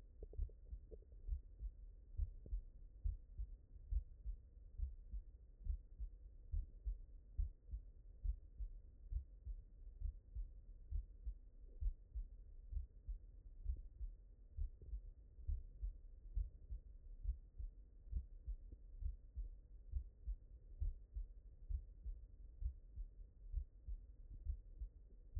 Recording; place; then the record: heart sounds by stethoscope; mitral valve (MV)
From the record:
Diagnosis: non-HFrEF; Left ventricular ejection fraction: 43%